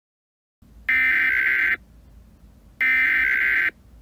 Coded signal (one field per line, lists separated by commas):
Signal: Emergency Alert System (SAME) tones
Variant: header bursts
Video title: Emergency Alert System-Style Alert for 2022 Lismore Floods